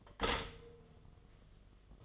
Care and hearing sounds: daily activity, microphone in the room; stop toaster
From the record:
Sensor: 4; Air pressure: 1015.5 hPa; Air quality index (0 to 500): 200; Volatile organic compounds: 10 ppm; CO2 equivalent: 2227 ppm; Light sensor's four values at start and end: 4/9/3/3 and 4/8/3/3

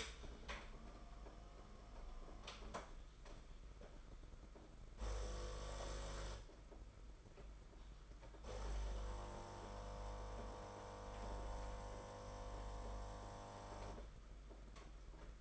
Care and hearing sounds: daily activity, microphone in the room; typing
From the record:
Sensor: 5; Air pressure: 991.9 hPa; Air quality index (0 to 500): 164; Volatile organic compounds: 377 ppm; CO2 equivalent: 4632 ppm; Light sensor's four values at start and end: 31/107/40/42 and 31/107/40/42

